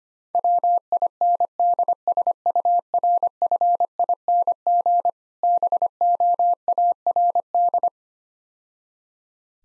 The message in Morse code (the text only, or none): WINDSURFING BOARD